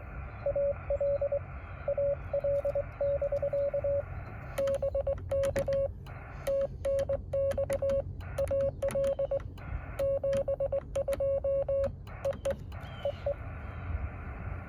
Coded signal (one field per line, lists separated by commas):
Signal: Morse code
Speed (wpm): 20 wpm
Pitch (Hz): 550 Hz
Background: radio noise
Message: AL AL<BK> BK TNX AL 72 EE EE